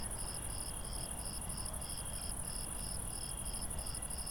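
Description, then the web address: Crickets trilling: a sustained high whine with rhythmic chirps about three per second and a softer lower trill, over faint low background noise. Crickets at night. "IRL Recorded Night Crickets"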